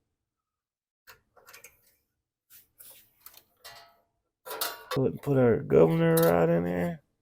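A metal governor rod is handled at the throttle arm of the carburetor on a Troy Built Storm 2625 snowblower during a repair for leaking gas. Soft, small handling taps and clicks come between about 1 and 4 seconds, then someone talks. Nothing has seated or clicked into place yet.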